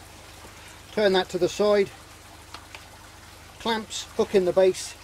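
The plastic side clamps of a Fluval 207 canister filter head are being hooked into the canister base while someone talks. Nothing has seated or clicked yet by the end of the clip.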